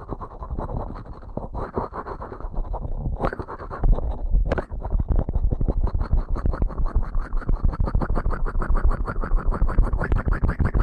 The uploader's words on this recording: ASMR Ear Cleaning at Helicopter Speed.